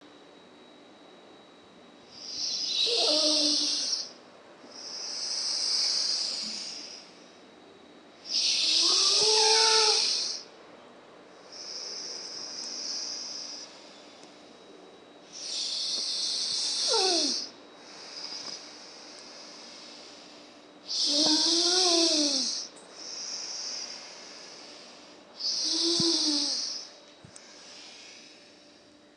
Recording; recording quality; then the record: deep breathing; excellent, no background noise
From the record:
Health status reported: healthy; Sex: male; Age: 27 years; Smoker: yes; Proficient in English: yes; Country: India